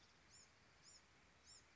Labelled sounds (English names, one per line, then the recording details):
Bewick's Wren
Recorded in Sonoma County, California